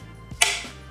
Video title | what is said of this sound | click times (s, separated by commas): The lightest steel road bike? Getting my Steel Bike below 7KG with Darimo and Extralite upgrades | the click should be good now | 0.4 s